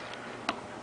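During a 420A GS Turbo engine rebuild, a wrist pin retaining circlip is pushed with a plastic tool into the groove in the piston pin bore. Against a quiet background, a single sharp click sounds at 0.5 s as the clip seats fully in its groove.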